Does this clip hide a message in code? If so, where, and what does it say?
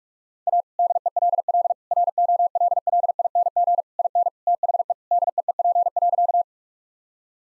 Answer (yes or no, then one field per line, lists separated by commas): yes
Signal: Morse code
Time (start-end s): 0.5-6.4 s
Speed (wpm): 46 wpm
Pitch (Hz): 700 Hz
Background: none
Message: A DELL ROLLING IN THE DEEP.